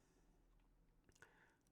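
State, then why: Seated. Small parts of an Agora AH-64D Apache Longbow 1/24 diecast helicopter model kit (pack 10) are pressed onto their mount, with the flat side of the D-shaped opening facing back. After faint handling noise, a short, sharp snap is heard at 1.2 s as a part seats in place.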